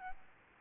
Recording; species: mosquito wingbeat signal from an infrared sensor; Aedes albopictus